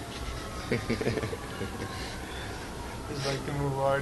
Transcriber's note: laughter